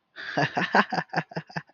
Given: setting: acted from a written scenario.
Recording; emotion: vocal sound without words; elation